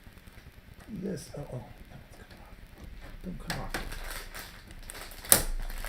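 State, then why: Seated. Someone talks while pressing the second click point of a plastic part into place on a Lego Star Wars Imperial Star Destroyer (75252) model, after worrying it might come off. Soft handling noises lead up to a very loud, sharp snap at 5.3 s as the part seats firmly, just as it should.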